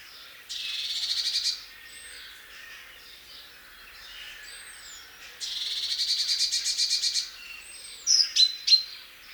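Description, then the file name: Great tit churring calls: two harsh, buzzy rattling bursts, the second longer at about two seconds, followed by a few sharp, clipped notes and thin faint whistles. "Parus major"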